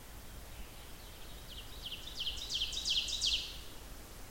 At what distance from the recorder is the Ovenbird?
about 45 m